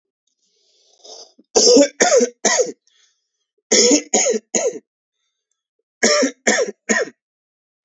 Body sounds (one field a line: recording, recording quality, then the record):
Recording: heavy voluntary cough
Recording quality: excellent, no background noise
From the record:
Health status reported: healthy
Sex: male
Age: 22 years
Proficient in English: yes